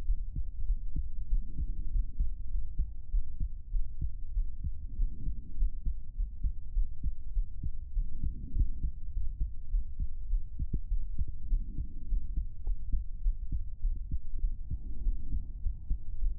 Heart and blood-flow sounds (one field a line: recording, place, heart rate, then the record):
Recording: heart sounds by stethoscope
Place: pulmonary valve (PV)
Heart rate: 98 bpm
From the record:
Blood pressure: 111/71 mmHg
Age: 29 years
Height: 153 cm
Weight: 43 kg